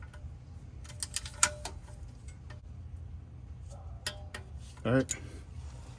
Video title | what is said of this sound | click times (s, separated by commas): 2008-2013 Infiniti G37S Coupe oil change and reset service oil engine dash light. | you heard your click, it's done. | 1.4 s